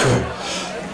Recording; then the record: coughing mixed with background sound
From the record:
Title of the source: Residual Phlegmy Morning Coughing and Gagging